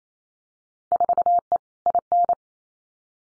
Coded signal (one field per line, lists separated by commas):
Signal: Morse code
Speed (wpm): 28 wpm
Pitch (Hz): 700 Hz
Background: none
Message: 4E IN